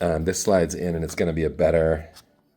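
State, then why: Not seated. Someone talks while sliding the plastic body of a Vantrue Nexus 5 dash cam onto its 3M adhesive windshield mount bracket. The clip ends before the camera goes home, so nothing has seated or clicked yet.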